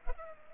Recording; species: mosquito wingbeat signal from an infrared sensor; Culex pipiens